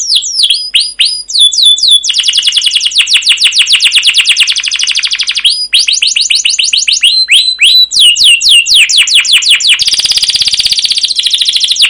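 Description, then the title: Canary delivering continuous rolling song, fast repeated chirps and long buzzy trills, ending with a harsher, noisier rapid trill. Long continuous rolling canary song with 'cuit cuit' chirps, in the 'masteran' style used as a lure recording to stimulate other canaries to sing. "CUIT CUIT NGEROL LANGSUNG GACOR PANJANG Kenari Utk Pancingan KENAR. Masteran Suara Burung Kenari Gacor Panjang cuit cuit Ngerol untuk Pancingan Kenari!"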